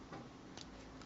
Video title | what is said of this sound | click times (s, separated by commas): COMBINER FORCE LEGION STARSCREAM AND SPRINGLOAD REVIEW TRANSFORMERS ROBOTS IN DISGUISE | Just the front panels around like so, and they should lock into place in the back there. | 0.6 s, 1.0 s